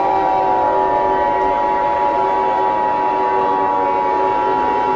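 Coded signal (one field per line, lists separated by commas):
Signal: Emergency Alert System (SAME) tones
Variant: 853 and 960 Hz attention tone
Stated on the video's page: Fictional EAS scenario.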